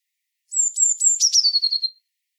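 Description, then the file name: Eurasian blue tit: thin, very high notes sliding gently downward, running into a quick descending trill, about one and a half seconds long. "Cyanistes caeruleus"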